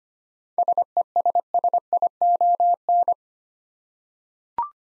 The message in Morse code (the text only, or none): SESSION